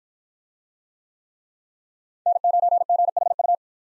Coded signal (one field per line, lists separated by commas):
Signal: Morse code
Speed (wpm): 50 wpm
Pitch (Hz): 700 Hz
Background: none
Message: N9GHU